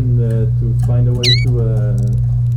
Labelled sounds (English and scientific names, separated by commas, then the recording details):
Domestic Canary (Serinus canaria) song
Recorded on 30 April 2018 at 15:06
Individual llb3